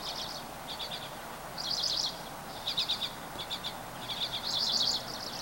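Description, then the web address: Bird giving rapid high twittering trills in short bursts separated by brief pauses, with a faint hiss underneath. Recorded 24 April 2023. "gemlog starlog audio birds 20230424"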